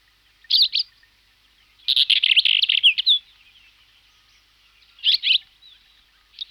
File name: Collalba Rubia